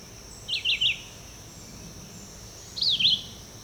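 Red-eyed vireo song: two brief, choppy phrases of quick up-and-down notes with a long pause between, over a constant high background tone.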